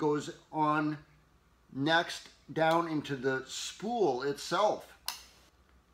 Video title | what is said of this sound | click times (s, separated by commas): Easiest Way To Refill A Stihl AutoCut C5-2 Trimmer Linehead | You just kind of push that on there, it snaps into place. | 5.1 s